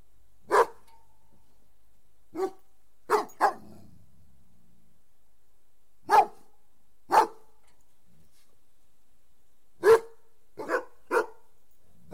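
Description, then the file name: Doberman barks, loud and isolated, coming at irregular intervals, with some close pairs and silence between. "Doberman Dog"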